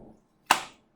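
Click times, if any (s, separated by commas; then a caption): 0.5 s. A Glock 19 pistol is pushed into a molded plastic Bravo Torsion concealed-carry holster, with faint low rumble fading out before the moment of seating. At 0.5 s a single sharp, bright click rings out and decays over about a quarter second as the gun locks into the holster's retention, fully seated.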